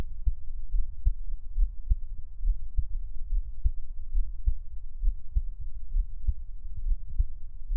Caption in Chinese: 獻上我的心跳 | Give my Heartbeat | NO Talking。